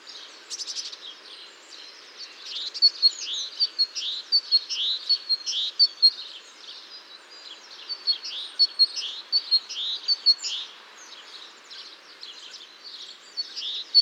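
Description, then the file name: Great tit uttering a series of high, thin notes and downslurred chips, repeated irregularly above a faint background hiss. "Parus major"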